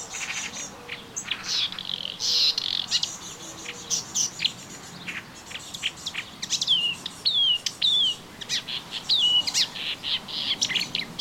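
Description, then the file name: Melodious warbler singing fast, scratchy phrases with sliding high whistles, while faint low whistled notes sound in the background. Recorded in a garden on 25 June 2017. "Orpheusspötter 2017 06 25 Garten"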